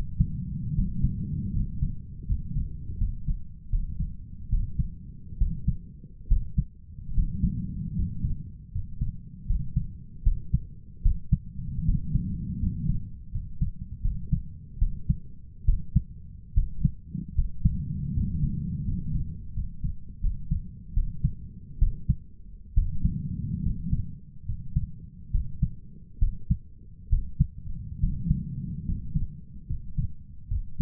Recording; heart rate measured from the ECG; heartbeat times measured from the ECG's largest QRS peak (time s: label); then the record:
heart sounds by stethoscope; 75 bpm
0.75 s: heartbeat
1.53 s: heartbeat
2.26 s: heartbeat
2.98 s: heartbeat
3.70 s: heartbeat
4.49 s: heartbeat
5.38 s: heartbeat
6.28 s: heartbeat
7.14 s: heartbeat
7.95 s: heartbeat
8.71 s: heartbeat
9.46 s: heartbeat
10.23 s: heartbeat
11.02 s: heartbeat
11.84 s: heartbeat
12.59 s: heartbeat
13.31 s: heartbeat
14.01 s: heartbeat
14.78 s: heartbeat
15.65 s: heartbeat
16.53 s: heartbeat
17.34 s: heartbeat
18.13 s: heartbeat
18.84 s: heartbeat
19.53 s: heartbeat
20.20 s: heartbeat
20.93 s: heartbeat
21.78 s: heartbeat
22.74 s: heartbeat
23.62 s: heartbeat
24.45 s: heartbeat
25.31 s: heartbeat
26.18 s: heartbeat
27.09 s: heartbeat
27.99 s: heartbeat
28.84 s: heartbeat
29.66 s: heartbeat
30.47 s: heartbeat
From the record:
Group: healthy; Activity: rest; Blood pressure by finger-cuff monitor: 104/67 mmHg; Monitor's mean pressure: 78 mmHg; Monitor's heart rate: 73 bpm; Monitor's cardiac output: 6.9 L/min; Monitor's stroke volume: 91 mL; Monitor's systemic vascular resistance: 820 dyn s/cm5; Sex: male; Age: 23 years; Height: 178 cm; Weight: 96.6 kg